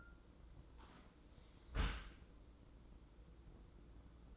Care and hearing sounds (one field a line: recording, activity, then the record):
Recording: daily activity, microphone in the room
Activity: close dishwasher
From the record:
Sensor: 3